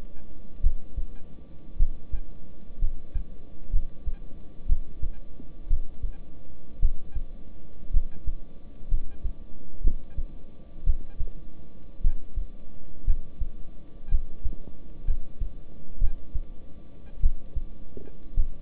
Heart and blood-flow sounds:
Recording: heart sounds by stethoscope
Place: between the tricuspid and mitral areas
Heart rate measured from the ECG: 58 bpm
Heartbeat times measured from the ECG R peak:
0.61 s: heartbeat
1.77 s: heartbeat
2.79 s: heartbeat
3.71 s: heartbeat
4.67 s: heartbeat
5.68 s: heartbeat
6.80 s: heartbeat
7.91 s: heartbeat
8.89 s: heartbeat
9.82 s: heartbeat
10.84 s: heartbeat
12.01 s: heartbeat
13.05 s: heartbeat
14.09 s: heartbeat
15.05 s: heartbeat
15.99 s: heartbeat
17.20 s: heartbeat
18.34 s: heartbeat
From the record:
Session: rest, lying down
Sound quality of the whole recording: good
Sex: male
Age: 26 years

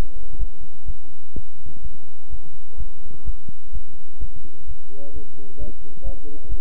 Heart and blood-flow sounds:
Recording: heart sounds by stethoscope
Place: between the tricuspid and mitral areas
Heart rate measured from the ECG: 128 bpm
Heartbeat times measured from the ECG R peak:
0.39 s: heartbeat
0.86 s: heartbeat
1.34 s: heartbeat
1.82 s: heartbeat
2.30 s: heartbeat
2.78 s: heartbeat
3.25 s: heartbeat
3.73 s: heartbeat
4.20 s: heartbeat
4.67 s: heartbeat
5.14 s: heartbeat
5.59 s: heartbeat
6.04 s: heartbeat
6.49 s: heartbeat
From the record:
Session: bicycle stress test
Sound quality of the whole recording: good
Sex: male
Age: 23 years

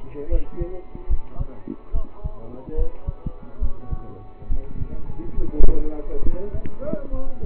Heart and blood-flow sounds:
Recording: heart sounds by stethoscope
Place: between the tricuspid and mitral areas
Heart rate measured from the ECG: 70 bpm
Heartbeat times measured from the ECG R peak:
0.28 s: heartbeat
1.07 s: heartbeat
1.92 s: heartbeat
2.75 s: heartbeat
3.59 s: heartbeat
4.48 s: heartbeat
5.34 s: heartbeat
6.21 s: heartbeat
7.10 s: heartbeat
From the record:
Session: rest, lying down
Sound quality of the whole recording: partially saturated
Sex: male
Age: 27 years

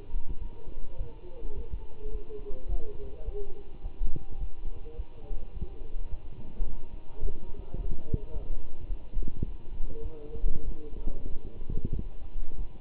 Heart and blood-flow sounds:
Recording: heart sounds by stethoscope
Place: between the tricuspid and mitral areas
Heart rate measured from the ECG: 103 bpm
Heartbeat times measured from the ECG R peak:
0.41 s: heartbeat
0.98 s: heartbeat
1.55 s: heartbeat
2.12 s: heartbeat
2.69 s: heartbeat
3.25 s: heartbeat
3.83 s: heartbeat
4.40 s: heartbeat
4.97 s: heartbeat
5.54 s: heartbeat
6.10 s: heartbeat
6.67 s: heartbeat
7.22 s: heartbeat
7.77 s: heartbeat
8.33 s: heartbeat
8.89 s: heartbeat
9.45 s: heartbeat
10.03 s: heartbeat
10.65 s: heartbeat
11.30 s: heartbeat
11.93 s: heartbeat
12.58 s: heartbeat
From the record:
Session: walking at 3.7 km/h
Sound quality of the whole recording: good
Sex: male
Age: 24 years

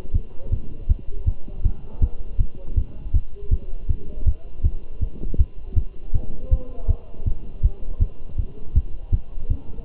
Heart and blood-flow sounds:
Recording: heart sounds by stethoscope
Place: between the tricuspid and mitral areas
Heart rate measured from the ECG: 160 bpm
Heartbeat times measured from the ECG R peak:
0.15 s: heartbeat
0.53 s: heartbeat
0.90 s: heartbeat
1.28 s: heartbeat
1.65 s: heartbeat
2.03 s: heartbeat
2.40 s: heartbeat
2.78 s: heartbeat
3.15 s: heartbeat
3.53 s: heartbeat
3.90 s: heartbeat
4.27 s: heartbeat
4.65 s: heartbeat
5.03 s: heartbeat
5.40 s: heartbeat
5.77 s: heartbeat
6.15 s: heartbeat
6.52 s: heartbeat
6.90 s: heartbeat
7.27 s: heartbeat
7.64 s: heartbeat
8.02 s: heartbeat
8.39 s: heartbeat
8.76 s: heartbeat
9.14 s: heartbeat
9.51 s: heartbeat
From the record:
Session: Bruce protocol treadmill stress test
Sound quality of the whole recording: good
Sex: male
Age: 27 years

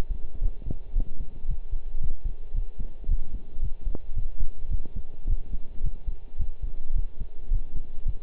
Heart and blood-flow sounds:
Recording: heart sounds by stethoscope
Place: between the tricuspid and mitral areas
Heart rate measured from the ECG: 110 bpm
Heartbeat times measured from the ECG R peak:
0.41 s: heartbeat
0.95 s: heartbeat
1.48 s: heartbeat
2.01 s: heartbeat
2.54 s: heartbeat
3.08 s: heartbeat
3.62 s: heartbeat
4.16 s: heartbeat
4.70 s: heartbeat
5.27 s: heartbeat
5.83 s: heartbeat
6.39 s: heartbeat
6.95 s: heartbeat
7.51 s: heartbeat
8.06 s: heartbeat
From the record:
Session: pedaling a stationary bicycle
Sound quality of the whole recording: partially saturated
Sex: male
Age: 23 years

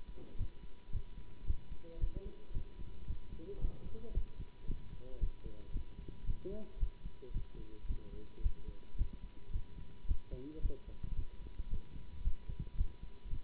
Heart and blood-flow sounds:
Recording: heart sounds by stethoscope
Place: between the tricuspid and mitral areas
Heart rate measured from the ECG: 111 bpm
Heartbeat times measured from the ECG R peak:
0.36 s: heartbeat
0.90 s: heartbeat
1.45 s: heartbeat
1.99 s: heartbeat
2.52 s: heartbeat
3.06 s: heartbeat
3.59 s: heartbeat
4.13 s: heartbeat
4.65 s: heartbeat
5.18 s: heartbeat
5.71 s: heartbeat
6.25 s: heartbeat
6.78 s: heartbeat
7.32 s: heartbeat
7.86 s: heartbeat
8.41 s: heartbeat
8.96 s: heartbeat
9.51 s: heartbeat
10.06 s: heartbeat
10.60 s: heartbeat
11.14 s: heartbeat
11.68 s: heartbeat
12.22 s: heartbeat
12.76 s: heartbeat
13.29 s: heartbeat
From the record:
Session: Bruce protocol treadmill stress test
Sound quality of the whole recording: good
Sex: male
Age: 24 years

